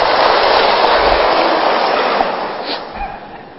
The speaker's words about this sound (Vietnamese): Đây là một đạo tràng hết sức đặc biệt, chưa bao giờ thấy cái đạo tràng nào mà tu cả ngày mà không nghỉ cả, chỉ riêng đạo tràng Thiên Phước mà thôi. Nên quý vị cho một tràng pháo tay.